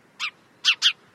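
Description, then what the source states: House sparrow giving short chirps, one single chirp followed by a close pair of bright, clipped notes, against a quiet background. Female.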